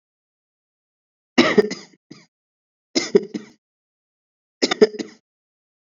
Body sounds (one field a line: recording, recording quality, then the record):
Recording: shallow voluntary cough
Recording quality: excellent, no background noise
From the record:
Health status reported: exposed to COVID-19, no respiratory illness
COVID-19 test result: not tested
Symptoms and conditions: cough, sore throat, fatigue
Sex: male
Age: 25 years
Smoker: not ticked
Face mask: not worn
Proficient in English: yes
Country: India